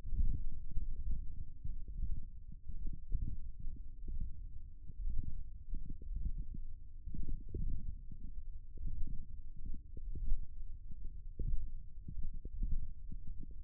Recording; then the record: forearm muscle sounds (acoustic myography)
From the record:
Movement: thumb flexion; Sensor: system 1, eight BSWA MPA416 microphones around the upper forearm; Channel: 8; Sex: male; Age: 23 years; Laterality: right